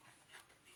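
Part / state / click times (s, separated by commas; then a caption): ink pad lid in its plastic case / not seated / none. A plastic ink pad lid is lifted and slid in its plastic case, making a soft, breathy rustle with a brief brighter scrape around 0.35 s. The lid has not yet closed; nothing has seated or clicked yet.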